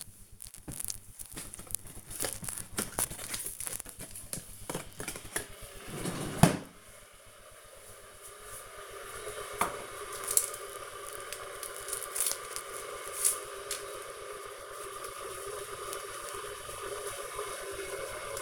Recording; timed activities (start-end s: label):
household activities, microphone on the right wrist
0.00-18.42 s: making tea